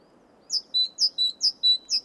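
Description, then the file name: Great tit song, clear ringing two-note pattern, sharp high note dropping to an even lower whistle, repeated several times evenly, with low hiss behind. "Parus major"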